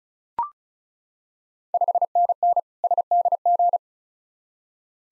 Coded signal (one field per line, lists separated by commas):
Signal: Morse code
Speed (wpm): 36 wpm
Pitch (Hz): 700 Hz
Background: none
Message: 5NN SDG